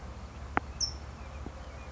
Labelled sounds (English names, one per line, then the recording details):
California Towhee
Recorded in Sonoma County, California